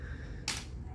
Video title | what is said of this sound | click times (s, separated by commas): ZOIDS WILD ZW10 Knuckle Kong Review | just bring it down until it makes a clicking sound and this one is freewheeling so that's fine | 0.5 s